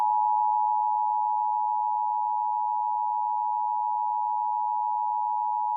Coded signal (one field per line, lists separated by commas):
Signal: Emergency Alert System (SAME) tones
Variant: 853 and 960 Hz attention tone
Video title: EAS Scenario #6 Satanic Origin